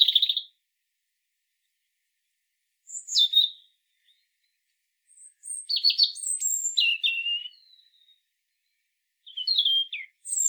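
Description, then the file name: European robin song in several spaced phrases: high whistles, a brief slide, a longer tinkling run of notes and a final falling flourish. "Erithacus rubecula"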